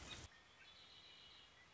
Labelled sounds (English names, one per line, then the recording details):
Red-winged Blackbird
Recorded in Sonoma County, California